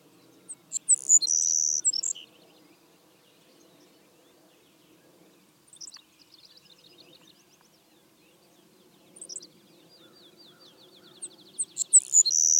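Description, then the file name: Savannah sparrow song: thin, very high chips followed by a long buzzy trill, given twice with quiet between phrases and a faint low hum beneath. "Passerculus sandwichensis - Savannah Sparrow"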